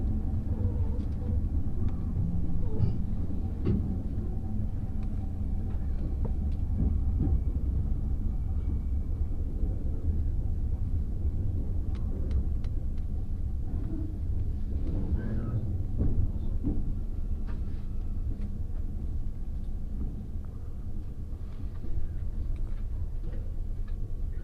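A train ride, with a steady, heavy low rumble running unbroken for the whole stretch. Faint high whining tones drift above it, and scattered clicks and knocks break through, most clearly around seven seconds and between fifteen and seventeen seconds.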